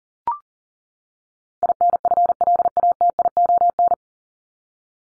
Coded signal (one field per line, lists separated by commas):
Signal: Morse code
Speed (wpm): 40 wpm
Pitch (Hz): 700 Hz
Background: none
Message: INFLATION